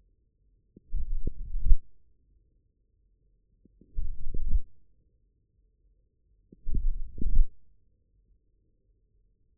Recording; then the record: forearm muscle sounds (acoustic myography)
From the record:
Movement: forearm pronation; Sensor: system 1, eight BSWA MPA416 microphones around the upper forearm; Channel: 5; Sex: male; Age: 41 years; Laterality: right